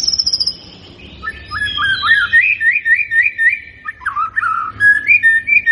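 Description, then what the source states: White-rumped shama song: a high trill opening, then rapid repeated looping whistles in a steady rhythm, several notes per second. Lure song to make the bird respond; constantly singing bird.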